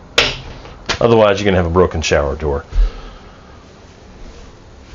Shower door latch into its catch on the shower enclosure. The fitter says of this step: tip always make sure you hear the magic click